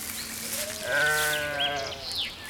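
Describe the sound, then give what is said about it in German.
A sheep bleats once in a long, wavering cry lasting over a second, with a faint higher bleat overlapping near the end; no one speaks. “Nun will Conny auch wissen, wie sich Schafe anfühlen.”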